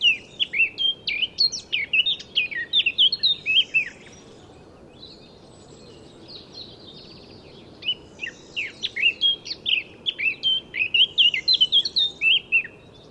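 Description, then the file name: Eurasian blackcap giving two loud warbling phrases of quick, varied chirps and whistles, separated by a quiet gap. "Sylvia atricapilla"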